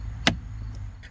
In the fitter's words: Take our little arm and we're just going to push it until it snaps back into place.